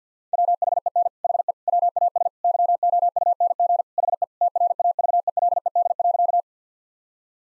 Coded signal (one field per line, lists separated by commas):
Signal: Morse code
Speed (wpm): 49 wpm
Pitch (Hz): 700 Hz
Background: none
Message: WHEN HE WAS YOUNG HE TRAVELED.